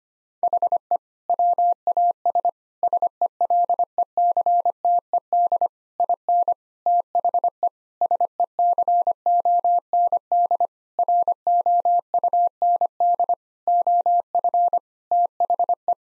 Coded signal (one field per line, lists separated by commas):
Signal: Morse code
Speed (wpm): 25 wpm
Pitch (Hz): 700 Hz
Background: none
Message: HE WAS SELECTED IN THE SECOND ROUND OF THE